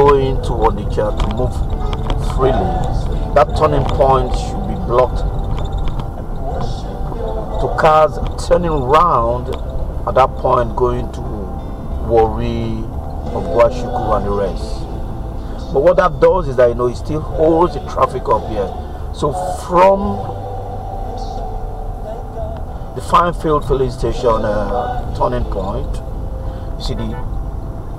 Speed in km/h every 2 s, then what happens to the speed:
29, 34, 37, 37, 39, 35, 29, 23, 19, 15, 15, 18, 21, 24.
0-4 speeds up to 37. 4-9 steady at about 37. 9-18 slows to 15. 18-28 speeds up to 24.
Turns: none.